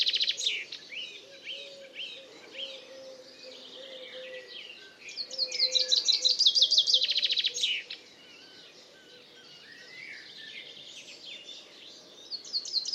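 Common chaffinch songs: rapid trilled phrases come in a few bouts, the loudest near the middle. Quieter twittering and low steady notes fill the gaps.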